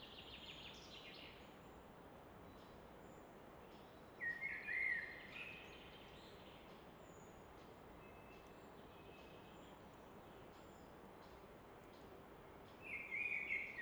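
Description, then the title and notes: Common nightingale singing a few short bursts of warbled notes several seconds apart, with fainter notes between, against constant rushing water noise. Evening in Fläsch, Switzerland; roar of the Rhine reflected off a rock face in the background; recorded with Fostex FR2 and MKH 800 microphone. "Fläsch, Schweiz - Abendstimmung Nachtigall. Im Hintergrund wird das Rauschen des Rheins von einer Felswand reflektiert"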